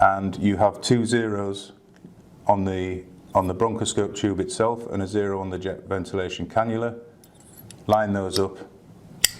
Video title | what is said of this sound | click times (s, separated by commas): Paediatric Bronchoscopy set up pt1 of 3 | and push until you hear the click | 9.2 s